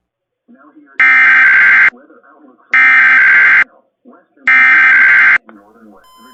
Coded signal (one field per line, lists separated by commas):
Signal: Emergency Alert System (SAME) tones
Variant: header bursts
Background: speech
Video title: EAS 4047-4049: TWO KLOVE EAS Tests From 11/23/22 & 11/28/22